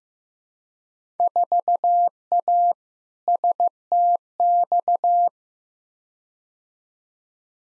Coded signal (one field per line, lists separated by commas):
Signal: Morse code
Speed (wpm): 15 wpm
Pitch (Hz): 700 Hz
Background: none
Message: 4A STX